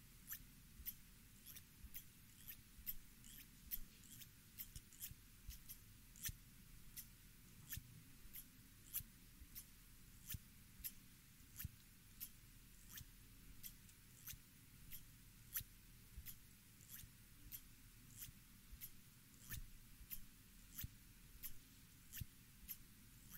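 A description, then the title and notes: Scissors snip steadily through hair, each cut a crisp, bright click arriving about once or twice a second at a very even pace for the whole stretch. Beneath the snips sits a soft, continuous low rustle and hum, with no voice. CUTTING HAIR ASMR NO TALKING, ASMR HAIRCUT, ASMR CUTTING YOUR BANGS, ASMR SCISSORS SOUNDS.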